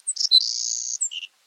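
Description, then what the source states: Savannah Sparrow song: a few thin high chips, then a long insect-like buzz, ending in brief lower buzzy notes. Summer song, described as persistent and buzzy; can be mistaken for an insect.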